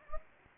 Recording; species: mosquito wingbeat signal from an infrared sensor; Anopheles gambiae